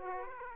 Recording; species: mosquito wingbeat signal from an infrared sensor; Aedes aegypti